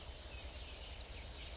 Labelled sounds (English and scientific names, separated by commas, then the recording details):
California Towhee (Melozone crissalis)
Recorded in Sonoma County, California